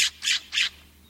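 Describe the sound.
California Scrub-Jay harsh calls: three rasping notes, then quiet.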